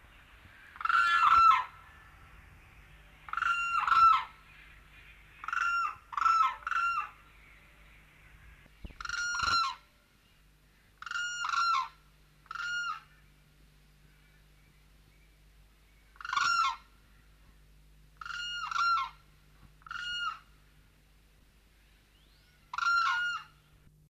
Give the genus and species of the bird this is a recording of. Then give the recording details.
Grus monacha. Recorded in captivity. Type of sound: call. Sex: pair. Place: Vogelpark Walsrode, Niedersachsen, DE. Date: 1976-09-04. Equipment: Halbspur, 9,5 cm/s. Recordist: Lütgens, Hans. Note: Paar erregt